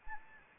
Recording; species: mosquito wingbeat signal from an infrared sensor; Anopheles arabiensis